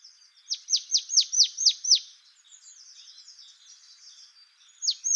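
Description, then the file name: Marsh tit calling a fast series of seven sharp, downward-sweeping high notes, then faint twittering, and another pair of sharp notes at the end. "Poecile palustris"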